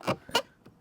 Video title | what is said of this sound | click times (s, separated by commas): How to Empty a Motorhome Toilet Cassette - Step-by-Step Guide For Beginners | push it in till it clicks, and | 0.3 s